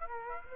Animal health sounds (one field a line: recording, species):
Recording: mosquito wingbeat signal from an infrared sensor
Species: Aedes aegypti